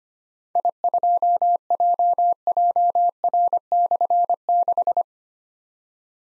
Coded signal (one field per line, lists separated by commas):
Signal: Morse code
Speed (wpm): 25 wpm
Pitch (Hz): 700 Hz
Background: none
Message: I2JJR/6